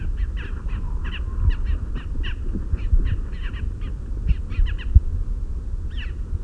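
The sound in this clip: Bird calls, short harsh notes repeated in irregular bursts throughout, over a steady low rumble.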